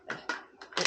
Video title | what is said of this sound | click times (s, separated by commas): Planet Eclipse EMF 200 Preview. New Magfed Paintball Marker | it's audible that you know you're locked in you're ready | 0.8 s